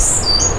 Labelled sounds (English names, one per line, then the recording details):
Stitchbird song
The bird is a male
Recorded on Tiritiri Matangi Island, New Zealand, in 2005
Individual 12, of nest box 16